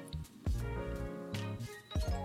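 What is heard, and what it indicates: Low, drawn-out gurgling rumbles with a squeaky, tonal edge come in about three bursts over two seconds, with no speech. This is an adult's stomach growling (borborygmi), the ordinary sound of gas and fluid moving through the gut.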